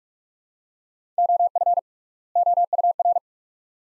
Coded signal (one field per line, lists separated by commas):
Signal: Morse code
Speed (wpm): 46 wpm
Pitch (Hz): 700 Hz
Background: none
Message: OF OUR